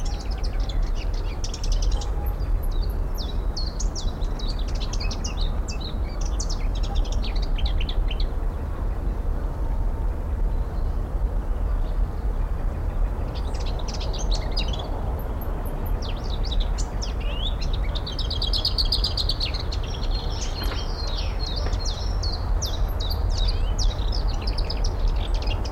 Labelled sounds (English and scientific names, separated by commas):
Willow Warbler (Phylloscopus trochilus)